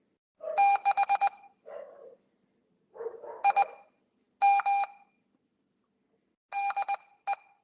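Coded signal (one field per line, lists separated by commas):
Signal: Morse code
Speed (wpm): 19 wpm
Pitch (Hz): 810 Hz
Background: none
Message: 6 I M DE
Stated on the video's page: Weekly Morse code practice session held over Skype.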